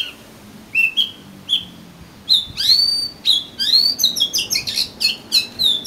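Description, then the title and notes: Oriental magpie-robin opening with a few spaced whistles, then breaking into a rapid run of rising and falling sweet notes. "suara kacer. kumpulan suara burung kacer"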